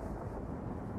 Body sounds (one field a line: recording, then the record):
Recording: background sound without coughing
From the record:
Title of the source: Train Ride Ambience ambient white noise for sleeping, focus, studying, reading